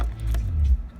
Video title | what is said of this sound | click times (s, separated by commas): Custom LED Brake Lights for 07-11 Wrangler JK | pull down that snaps in place there i'm gonna run this cable and along the top of here | 0.0 s, 0.3 s